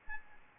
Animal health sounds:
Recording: mosquito wingbeat signal from an infrared sensor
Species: Aedes albopictus

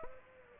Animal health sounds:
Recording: mosquito wingbeat signal from an infrared sensor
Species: Aedes aegypti

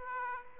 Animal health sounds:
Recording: mosquito wingbeat signal from an infrared sensor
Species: Aedes aegypti

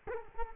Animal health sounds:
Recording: mosquito wingbeat signal from an infrared sensor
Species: Culex quinquefasciatus

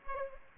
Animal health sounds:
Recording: mosquito wingbeat signal from an infrared sensor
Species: Aedes aegypti

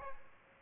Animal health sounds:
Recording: mosquito wingbeat signal from an infrared sensor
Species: Aedes albopictus

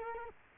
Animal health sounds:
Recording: mosquito wingbeat signal from an infrared sensor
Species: Culex quinquefasciatus

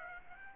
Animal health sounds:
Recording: mosquito wingbeat signal from an infrared sensor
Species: Aedes aegypti

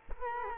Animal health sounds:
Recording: mosquito wingbeat signal from an infrared sensor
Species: Culex quinquefasciatus

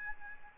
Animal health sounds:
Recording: mosquito wingbeat signal from an infrared sensor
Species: Aedes albopictus

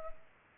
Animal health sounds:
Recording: mosquito wingbeat signal from an infrared sensor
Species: Culex pipiens

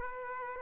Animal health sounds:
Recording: mosquito wingbeat signal from an infrared sensor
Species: Aedes aegypti

